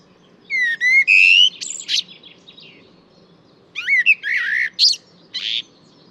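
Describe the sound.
Bird song: clear rising whistles and chirps in two bursts, the second more jumbled and buzzy, over faint background noise.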